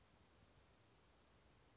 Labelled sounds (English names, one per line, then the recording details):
Western Flycatcher
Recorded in Sonoma County, California